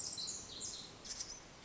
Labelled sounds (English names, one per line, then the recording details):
Pacific Wren
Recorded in Sonoma County, California